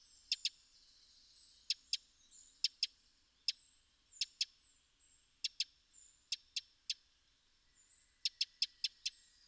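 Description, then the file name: Eurasian wren giving hard, clicking tick notes, mostly in quick pairs at irregular intervals, over faint, thin high whistles. "Troglodytes troglodytes"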